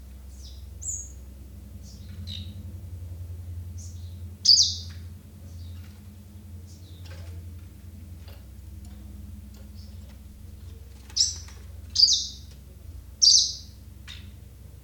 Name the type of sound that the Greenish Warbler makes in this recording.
call